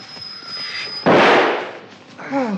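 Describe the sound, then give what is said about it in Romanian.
A single loud gunshot, fired by someone behind the rider during an elephant hunt, cracks out and rolls off in a rumbling decay. A thin, steady high whine precedes it, and a man's voice starts speaking just afterward. “A tras cineva în spatele meu.”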